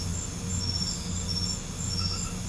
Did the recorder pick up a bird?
no